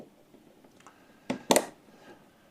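A second DDR5 memory stick is pushed into its DIMM slot on an AMD AM5 motherboard, in the same way as the first, during a TrueNAS server build with an 8500G. Faint ticks around 0.8 s and a softer knock at 1.3 s come before two sharp, bright clicks at 1.5 s and 1.6 s as the slot latches snap shut. The stick is seated.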